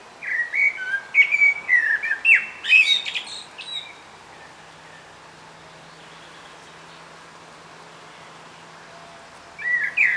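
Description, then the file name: Common blackbird song: rich, rolling flute-like whistles capped by a sharp, scratchy twitter, then a pause of several seconds before the next phrase starts. "Turdus merula"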